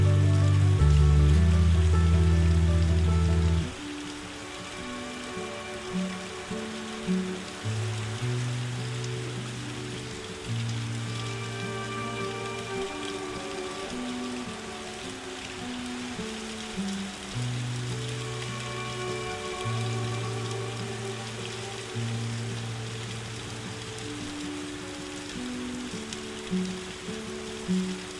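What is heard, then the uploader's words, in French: Soft rain hisses steadily underneath calm music made of slow, held notes that step gently from one pitch to the next. A loud, deep chord opens the first few seconds, then the music drops to a quieter, even level for the rest. PLUIE Douce et MUSIQUE Calme.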